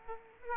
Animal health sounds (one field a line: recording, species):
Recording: mosquito wingbeat signal from an infrared sensor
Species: Aedes aegypti